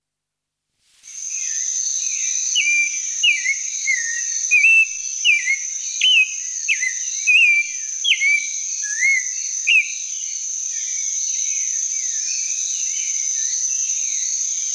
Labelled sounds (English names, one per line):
Clay-colored Thrush song